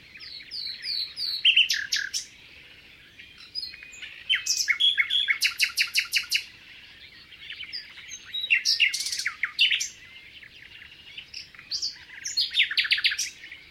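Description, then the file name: Common nightingale song mixing sweeping chirps, loud rapid stuttering note series and short trills, each phrase separated by short silences. "rouxinol comum"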